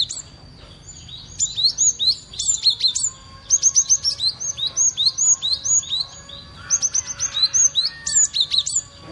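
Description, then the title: Cinereous tit giving rapid, high, sharp chirping notes in quick bursts and runs, with a faint steady high tone behind them. Used as a lure and for therapy. "Burung Gelatik, suara gelatik batu untuk pancingan & terapy."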